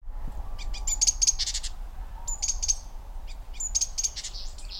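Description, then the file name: Great tit calls: thin high notes followed by harsh, buzzy chattering bursts, repeated in short series, over a steady low rumble. "Parus major"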